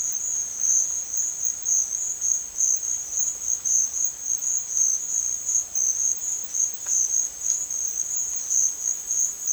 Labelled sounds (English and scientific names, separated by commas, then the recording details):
none
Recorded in secondary vegetation near Puerto Asís, Putumayo, Colombia, on 30 June 2025 at 14:30
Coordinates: 0.499, -76.323
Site G077